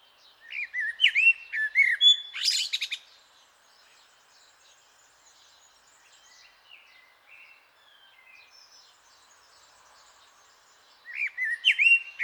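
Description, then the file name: Eurasian blackbird song: warbled phrase at the start, a long quiet gap, then another warbling phrase at the end. "Turdus merula"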